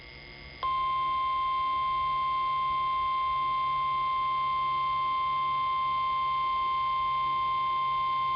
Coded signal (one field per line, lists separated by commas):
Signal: Emergency Alert System (SAME) tones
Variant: 1050 Hz attention tone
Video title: EAS Alert #6 & 7 [Required Weekly Test] (KEC61) NWS MOBILE !!!!